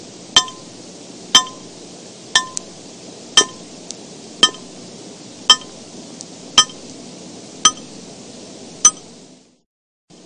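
Water falls drop by drop, each one landing with a crisp, ringing tick, almost like a clink on glass, at a steady pace of roughly one per second. A soft low murmur runs underneath, then everything cuts to silence just before the end.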